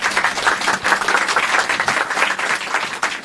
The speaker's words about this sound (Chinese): 我哋掌声欢迎。